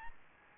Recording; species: mosquito wingbeat signal from an infrared sensor; Aedes aegypti